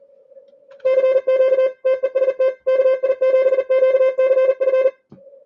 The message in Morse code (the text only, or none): CQ TEST KI7QCF